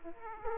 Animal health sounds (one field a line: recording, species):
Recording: mosquito wingbeat signal from an infrared sensor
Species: Aedes aegypti